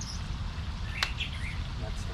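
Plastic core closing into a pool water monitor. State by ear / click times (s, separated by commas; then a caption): seated / 1.0 s. After the battery and cartridge are replaced, the plastic core of a Sutro pool water monitor is closed and spun until it clicks shut. A single sharp click at 1.0 s rises over steady low rumbling background noise with faint high chirps, and the core is seated.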